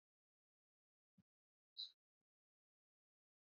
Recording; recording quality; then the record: shallow breathing; excellent, no background noise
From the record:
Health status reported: COVID-19 positive, mild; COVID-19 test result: positive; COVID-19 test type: RT-PCR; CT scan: not taken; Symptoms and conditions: fever, loss of smell and taste, diabetes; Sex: male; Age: 28 years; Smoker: yes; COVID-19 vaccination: both doses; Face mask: worn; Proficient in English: yes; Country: India